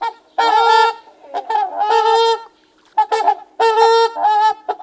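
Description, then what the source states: Trumpeter swans giving loud, brassy, horn-like honks in several bursts separated by brief pauses, with rich harmonics. Hundreds of trumpeter swans leaving Washington in April, departing wintering birds.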